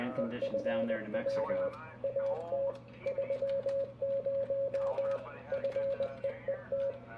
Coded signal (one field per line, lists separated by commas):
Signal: Morse code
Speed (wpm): 20 wpm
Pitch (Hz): 530 Hz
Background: speech, radio noise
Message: EFW AT 30 FEET